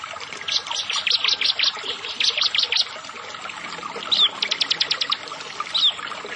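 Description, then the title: Prinia singing bursts of rapid bright notes, followed by a slurred chirp, a tight ticking trill and a final chirp. "Ciblek Sawah"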